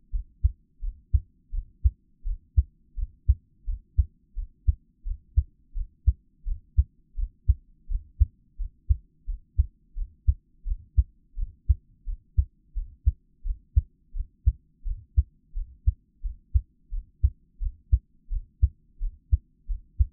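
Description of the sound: Steady, regular adult heartbeat of low thumps at about 86 beats a minute, heard close up in an ASMR style, with no talking.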